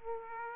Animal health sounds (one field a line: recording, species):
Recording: mosquito wingbeat signal from an infrared sensor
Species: Aedes aegypti